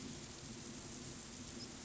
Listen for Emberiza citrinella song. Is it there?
no